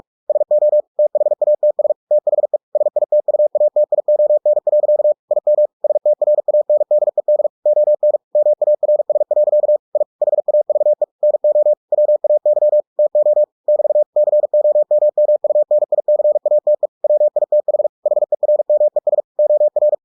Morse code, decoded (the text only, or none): SO THATS THE SITUATION. IM STRANDED ON MARS. I HAVE NO WAY TO <BT> COMMUNICATE WITH HERMES OR